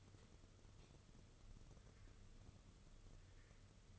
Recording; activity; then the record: daily activity, microphone in the room; light on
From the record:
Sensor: 4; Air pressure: 995.3 hPa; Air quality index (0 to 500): 211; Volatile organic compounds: 227 ppm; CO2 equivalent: 4297 ppm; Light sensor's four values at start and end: 8/18/7/8 and 8/19/7/9